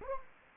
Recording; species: mosquito wingbeat signal from an infrared sensor; Anopheles gambiae